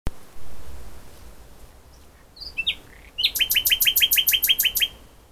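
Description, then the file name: Common nightingale song: a few soft whistled notes, then a loud rapid series of repeated sharp, ringing chirps for about two seconds. "Luscinia megarhynchos"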